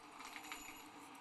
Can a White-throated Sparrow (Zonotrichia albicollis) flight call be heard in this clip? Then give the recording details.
no. No flight call is heard. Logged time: 10:46 on 8 December 2014